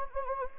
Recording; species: mosquito wingbeat signal from an infrared sensor; Anopheles gambiae